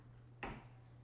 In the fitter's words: locks that down